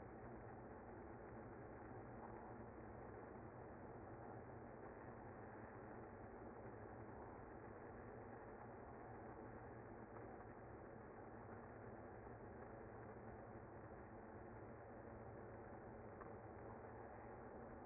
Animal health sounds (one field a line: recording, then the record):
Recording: honeybee colony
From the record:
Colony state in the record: active